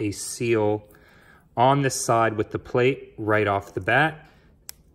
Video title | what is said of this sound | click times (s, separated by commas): Ceramic Speed COATED bearing SUPER SPIN: How To Make Any Bearing Super Fast | maybe you heard that on the the clip there it just snapped into place beautiful | 4.7 s